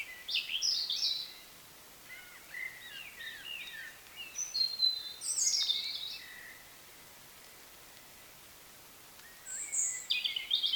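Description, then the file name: European robin song: several varied phrases of high, sweet whistles and rapid trills, separated by pauses. "Erithacus rubecula"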